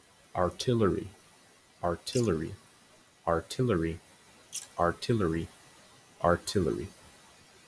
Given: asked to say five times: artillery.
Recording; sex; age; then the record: repeated word; male; 20 to 29 years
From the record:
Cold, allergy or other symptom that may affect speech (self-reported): no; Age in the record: 25 years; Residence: Florida, United States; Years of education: 15